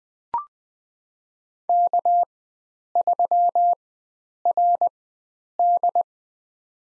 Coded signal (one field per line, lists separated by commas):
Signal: Morse code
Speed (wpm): 20 wpm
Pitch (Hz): 700 Hz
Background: none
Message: K3RD